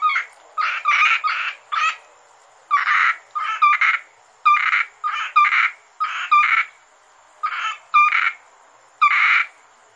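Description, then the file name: Asian grass frog calls: raspy pulsed croaks in pairs and triplets, separated by short, uneven pauses. "rana limnocharis yannick dauby gruenrekorder"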